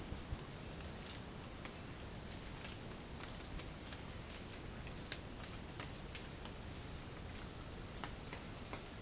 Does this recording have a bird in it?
no